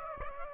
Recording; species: mosquito wingbeat signal from an infrared sensor; Aedes aegypti